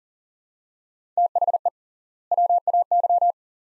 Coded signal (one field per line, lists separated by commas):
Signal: Morse code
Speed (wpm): 38 wpm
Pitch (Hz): 700 Hz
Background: none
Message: THE WAY